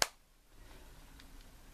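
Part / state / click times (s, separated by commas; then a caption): plastic cover onto a mobile phone body / seated / 0.0 s. After being cleaned, a plastic cover part is pressed back onto the body of an old Nokia 6010 cell phone. It snaps into place with a single sharp, loud click at 0.0 s, followed by quiet low background noise and a faint tick near 1.2 s. The cover is seated.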